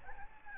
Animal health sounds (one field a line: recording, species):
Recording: mosquito wingbeat signal from an infrared sensor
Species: Aedes albopictus